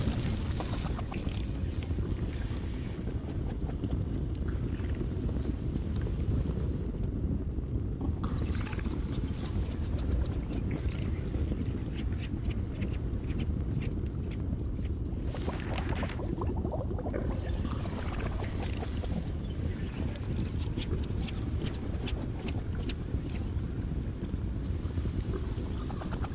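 A cauldron boils in a steady, dense churn of low rumbling bubbles, with brighter pops and splashes breaking through constantly throughout.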